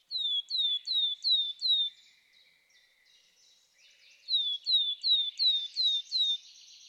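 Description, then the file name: Willow tit giving two quick phrases of five or six descending whistled notes, separated by a short gap with faint softer notes in between. "Weidenmeise"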